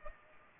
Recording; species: mosquito wingbeat signal from an infrared sensor; Culex pipiens